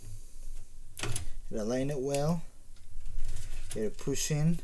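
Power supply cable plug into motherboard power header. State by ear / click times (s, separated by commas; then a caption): not seated / none. A power supply cable plug is lined up with the motherboard power header and handled in preparation for pushing it in, while someone talks throughout. A few brief handling sounds occur around 1.0 to 1.2 seconds. Nothing has seated or clicked yet.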